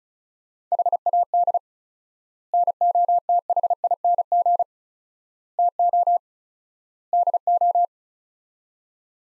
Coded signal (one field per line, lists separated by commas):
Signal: Morse code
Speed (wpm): 36 wpm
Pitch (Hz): 700 Hz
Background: none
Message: HAD NOTHING TO DO